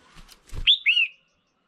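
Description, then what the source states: Red-whiskered bulbul uttering a single two-part whistled call, rising then sliding down, preceded by soft rustling clicks. Female bird.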